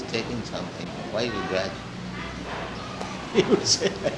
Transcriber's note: laughs